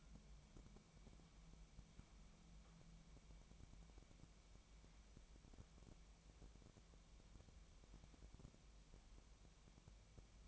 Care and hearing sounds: daily activity, microphone in the room; wipe stove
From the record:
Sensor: 1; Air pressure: 1003.3 hPa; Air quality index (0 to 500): 199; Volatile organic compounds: 6 ppm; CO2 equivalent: 1901 ppm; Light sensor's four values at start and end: 10/23/10/11 and 10/23/10/11

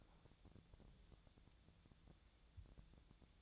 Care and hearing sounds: daily activity, microphone in the room; take from stove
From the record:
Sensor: 3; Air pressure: 1000.0 hPa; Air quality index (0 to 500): 124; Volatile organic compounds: 2 ppm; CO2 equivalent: 1112 ppm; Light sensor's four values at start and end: 46/116/50/56 and 46/116/50/56

